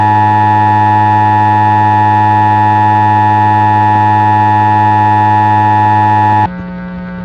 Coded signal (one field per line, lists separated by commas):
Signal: Emergency Alert System (SAME) tones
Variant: 853 and 960 Hz attention tone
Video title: [EAS Mock] Don't fall, otherwise CG 1000 will come after you!